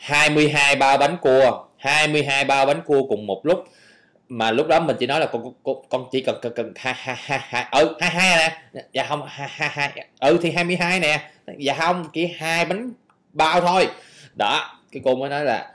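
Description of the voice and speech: Adult man repeats whole words many times, 'hai hai hai hai', 'cần cần cần', re-enacting his own childhood stutter with word repetitions. He stuttered as a child and still has mild lingering traces of it.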